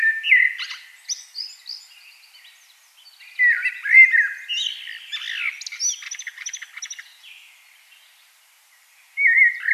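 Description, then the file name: Common blackbird singing mellow fluted phrases that break into thin scratchy twitters, with pauses between phrases. "Turdus merula"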